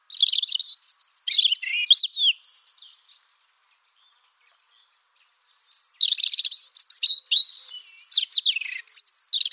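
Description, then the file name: European robin song: high, varied warbling phrases with thin whistles and trills, a pause of about two seconds, then another rich tumbling phrase. "Erithacus rubecula"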